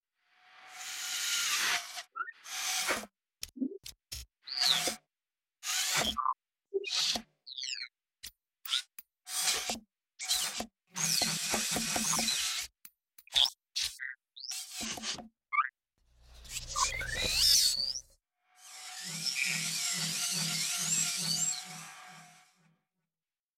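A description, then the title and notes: Robot movement: short whirring motor bursts start and stop in quick succession, with a low rumble near sixteen seconds and two longer buzzing runs. Robot Movement, Designed.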